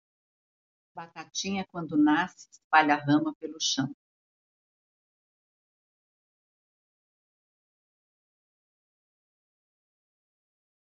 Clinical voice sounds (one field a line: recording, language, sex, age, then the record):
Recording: short text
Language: Brazilian Portuguese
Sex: female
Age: 50 to 59 years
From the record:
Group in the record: control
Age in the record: 59 years